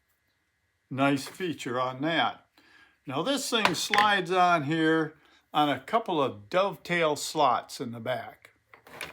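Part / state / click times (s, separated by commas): laser level receiver onto its mounting bracket/clamp / not seated / none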